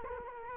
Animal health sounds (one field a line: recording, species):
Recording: mosquito wingbeat signal from an infrared sensor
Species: Culex quinquefasciatus